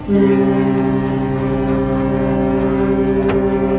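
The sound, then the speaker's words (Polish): A ship's horn from Captain Boczek's vessel at sea sounds a greeting in one long, loud, unbroken blast, a deep steady drone with rich low harmonics that holds for the full length without any voices, on a windy day. “Kapitan Boczek nas pozdrawia.”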